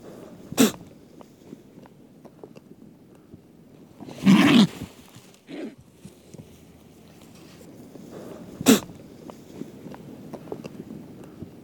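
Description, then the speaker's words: California condor hissing: several breathy bursts, one longer than the others, over low rustling background noise. Played recording. "My understanding is that our producers, Grace and Susie, have procured a condor sound for us"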